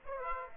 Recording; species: mosquito wingbeat signal from an infrared sensor; Aedes aegypti